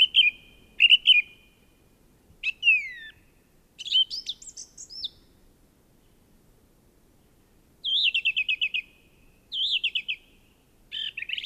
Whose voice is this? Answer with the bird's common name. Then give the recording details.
Song Thrush. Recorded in the wild. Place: Garmisch-Partenkirchen, Bayern, DE. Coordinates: 47.5203, 11.0817. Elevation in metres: 847. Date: 1969-04-04. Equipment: Nagra. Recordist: Tretzel, Erwin. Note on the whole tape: Auffahrt Pflegersee, Garmisch-Partenkirchen: Gesang